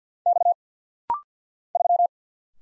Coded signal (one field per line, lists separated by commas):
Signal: Morse code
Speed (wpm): 50 wpm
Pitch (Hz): 700 Hz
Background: none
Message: X 3